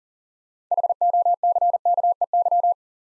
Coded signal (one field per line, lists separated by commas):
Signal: Morse code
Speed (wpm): 38 wpm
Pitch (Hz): 700 Hz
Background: none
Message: HOCKEY